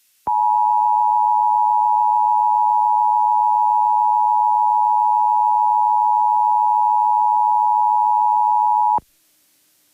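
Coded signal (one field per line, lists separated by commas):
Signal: Emergency Alert System (SAME) tones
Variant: 853 and 960 Hz attention tone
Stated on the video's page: Required Monthly Test on public radio WAMC-FM 90.3 MHz, 10 kW, received by SDR 45.3 miles from the transmitter.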